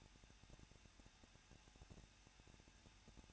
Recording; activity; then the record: daily activity, microphone in the room; no activity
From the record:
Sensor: 2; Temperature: 21.0 degrees Celsius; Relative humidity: 37.5%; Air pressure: 1006.3 hPa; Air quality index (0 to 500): 223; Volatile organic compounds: 25 ppm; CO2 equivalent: 2834 ppm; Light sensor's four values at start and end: 2/3/2/2 and 2/3/2/2